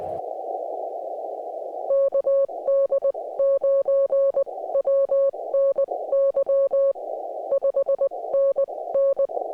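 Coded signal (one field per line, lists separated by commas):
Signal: Morse code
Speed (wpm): 20 wpm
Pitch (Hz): 550 Hz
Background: music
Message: KD9WN Y 5NN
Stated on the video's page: QRP Parks on the Air activation during a G2 geomagnetic storm with poor conditions, Yaesu FT-891 and compromise Gabil 7350TC antenna.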